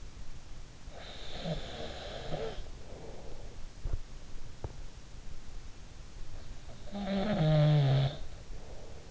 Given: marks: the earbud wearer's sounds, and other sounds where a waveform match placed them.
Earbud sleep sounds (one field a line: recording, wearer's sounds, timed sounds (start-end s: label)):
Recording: sounds in sleep by an in-ear microphone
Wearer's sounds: snoring breath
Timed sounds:
0.81-3.59 s: snoring breath
3.79-4.76 s: sound from someone else or the room
6.65-9.11 s: snoring breath